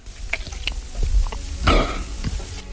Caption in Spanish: Tragar saliva. A ver cómo es el sonido de tragar saliva de este hombre.